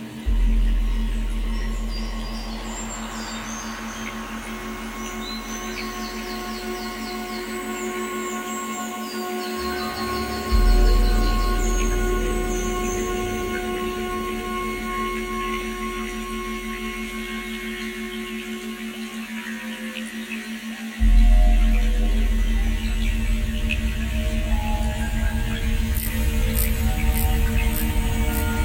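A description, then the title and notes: A binaural ambient soundtrack with a steady low hum and sustained tones, shifting in level around 10 and 21 seconds, with faint high chirps. 6.0hz binaural ambient soundtrack.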